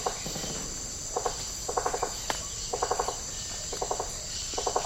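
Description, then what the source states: Rainforest insects chorusing: a constant high hiss-like drone overlaid by repeated clusters of rapid pulsed chirps. Insect chorus recorded in tropical rainforest habitat.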